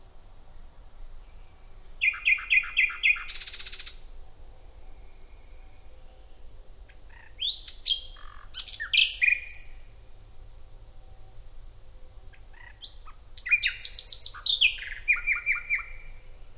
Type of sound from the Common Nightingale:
song